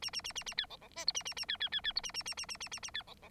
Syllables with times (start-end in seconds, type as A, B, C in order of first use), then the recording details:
0.02-0.10 A, 0.13-0.21 A, 0.24-0.33 A, 0.35-0.44 A, 0.46-0.54 A, 0.57-0.66 B, 0.69-0.77 C, 0.81-0.88 C, 0.96-1.05 D, 1.07-1.13 E, 1.14-1.23 A, 1.25-1.34 A, 1.36-1.46 A, 1.48-1.57 B, 1.60-1.69 B, 1.72-1.81 B, 1.84-1.93 B, 1.95-2.01 E, 2.03-2.12 A, 2.14-2.23 A, 2.25-2.34 A, 2.37-2.46 A, 2.48-2.57 A, 2.60-2.69 A, 2.71-2.80 A, 2.82-2.91 A, 2.94-3.03 B, 3.07-3.14 C, 3.22-3.29 C. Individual Bird9